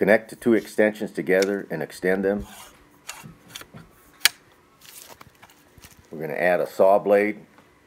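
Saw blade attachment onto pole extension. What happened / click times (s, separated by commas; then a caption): Parts handled, the saw blade attachment not yet seated / none. A saw blade attachment is being handled at a pole extension while someone talks at the start and end of the clip. Between the talking come a few sharp handling clicks and knocks, the loudest at about 4.3 seconds. The clip ends before the attachment snaps in place, so nothing has seated or clicked home yet.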